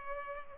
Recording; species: mosquito wingbeat signal from an infrared sensor; Culex pipiens